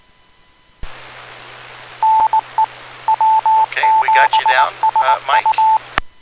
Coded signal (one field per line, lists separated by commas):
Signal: Morse code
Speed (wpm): 19 wpm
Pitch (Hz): 880 Hz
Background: speech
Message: NE W7SU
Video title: October 2020 Club Meeting (On the Air): Slow-Scan TV